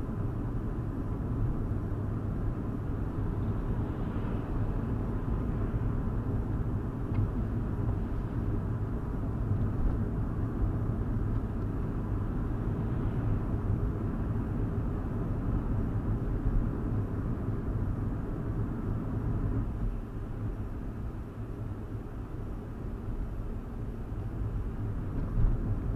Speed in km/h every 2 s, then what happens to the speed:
42, 44, 44, 44, 44, 45, 44, 45, 45, 44, 42, 44, 44.
0-26 steady at about 44.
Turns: none.